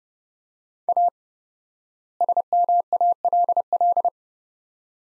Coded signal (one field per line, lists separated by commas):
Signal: Morse code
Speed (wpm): 30 wpm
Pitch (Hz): 700 Hz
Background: none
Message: A SMALL